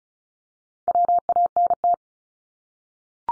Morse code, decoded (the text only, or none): WANT